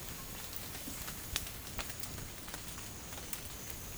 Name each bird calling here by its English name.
Russet-backed Oropendola